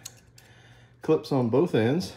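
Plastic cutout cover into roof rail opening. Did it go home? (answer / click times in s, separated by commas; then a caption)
no / none. A plastic cutout cover with clips on both ends is handled over a roof rail opening on a 2019 Land Rover Discovery during roof rail and crossbar installation. Two faint ticks are heard near 0.1 and 0.4 seconds, followed by quiet and then someone talking from about 1.0 second onward. Nothing has seated or clicked into place yet.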